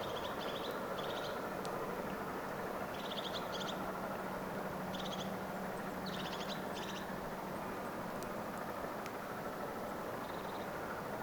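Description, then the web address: Crested tit's purring trills in several brief bursts, spaced irregularly, under a continuous low hum. Vocalising; recorded 12 October 2024 in Finland. "paivat 12 10 2024 tuollaista toyhtotiaisen aantelya"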